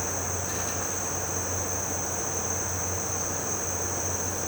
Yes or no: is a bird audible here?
no